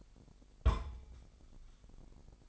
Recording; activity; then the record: daily activity, microphone in the room; place on stove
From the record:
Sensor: 5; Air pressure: 999.4 hPa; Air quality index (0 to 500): 224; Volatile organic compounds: 21 ppm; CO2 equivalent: 2733 ppm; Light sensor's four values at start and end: 32/73/29/29 and 30/67/28/27